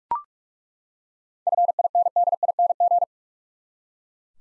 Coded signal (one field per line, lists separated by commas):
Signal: Morse code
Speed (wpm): 41 wpm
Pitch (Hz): 700 Hz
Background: none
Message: FINDING